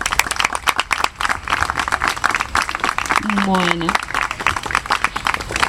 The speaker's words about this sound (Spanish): Acorto un poco el aplauso, que debería ser más largo, porque creo que las condiciones climáticas son bastante adversas.